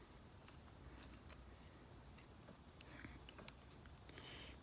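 A screwdriver slips in the stripped head of a screw in the housing of an old female plug end on a 20 amp extension cord, making a run of small sharp ticks at 2.8, 3.0, 3.3, 3.5 and 4.2 seconds over a low steady background. The screw head is stripped out and does not turn.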